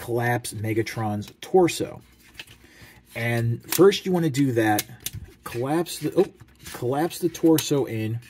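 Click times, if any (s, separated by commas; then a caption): none. Someone talks while handling the plastic torso panels of a Megatron transforming robot toy, collapsing them inward into the torso during transformation. A brief sharp handling sound comes near 2.4 s, but nothing has seated or clicked yet.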